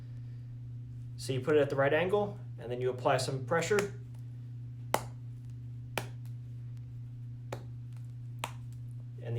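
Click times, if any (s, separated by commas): 4.9 s, 6.0 s, 8.4 s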